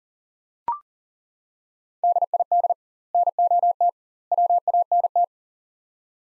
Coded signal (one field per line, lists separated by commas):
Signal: Morse code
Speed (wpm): 40 wpm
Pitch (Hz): 700 Hz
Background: none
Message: DID NOT WANT